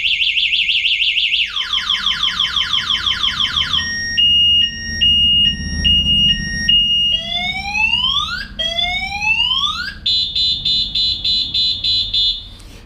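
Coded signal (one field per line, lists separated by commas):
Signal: alarm pattern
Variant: scooter anti-theft alarm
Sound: loud electronic alarm cycling through chirps, falling sweeps, two-tone warble, rising whoops, then pulsed beeps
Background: small room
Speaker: If I were to bump this or try to steal this unit, and then 8 beeps and it's over. So it goes through that little 15 or 20 second cycle of alarms, and it would then be impossible to drive the unit.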